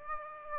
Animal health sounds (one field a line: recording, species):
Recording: mosquito wingbeat signal from an infrared sensor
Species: Aedes aegypti